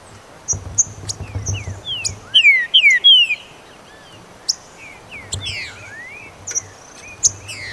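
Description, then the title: Green-winged saltator with three bright falling whistles near 2.5 to 3 seconds, surrounded by quick chirps, upslurs and high ticks. "Trinca Ferro"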